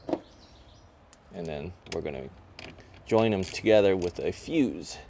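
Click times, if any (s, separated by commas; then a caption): none. Someone talks while handling the two halves of a plastic inline fuse holder on the suspension controller power wire, with brief sharp ticks at about 0.1 s and 1.1 s. The halves have not been pushed home, and nothing has seated or clicked yet.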